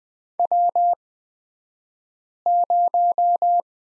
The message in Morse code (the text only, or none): W0